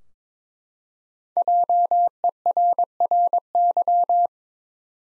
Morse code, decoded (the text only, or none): JERRY